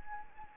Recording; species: mosquito wingbeat signal from an infrared sensor; Anopheles arabiensis